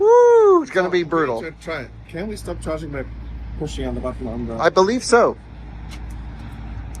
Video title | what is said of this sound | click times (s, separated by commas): We Need To Stretch The Range! Driving Chevy Bolt LFP Cross Country Using IONNA Chargers - pt 2 | I heard something click. | 7.0 s